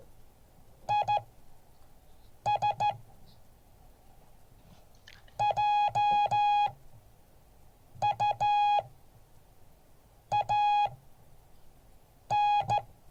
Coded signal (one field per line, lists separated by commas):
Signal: Morse code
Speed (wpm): 14 wpm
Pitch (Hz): 830 Hz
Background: none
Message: IS JUAN